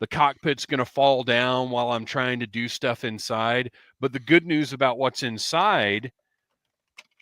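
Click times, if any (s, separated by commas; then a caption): 7.0 s. Someone talks for about six seconds about a plastic toy vehicle's cockpit, then falls quiet. A short sharp click at 7.0 s is the plastic seat from the toy vehicle cockpit coming free as it is pulled right out, followed by a fainter tick just after.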